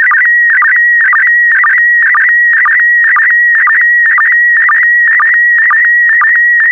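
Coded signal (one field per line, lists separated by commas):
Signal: SSTV (slow-scan television)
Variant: PD120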